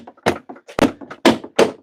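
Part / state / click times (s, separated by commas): camera cable outlet trim piece into car tailgate / seated / 1.3 s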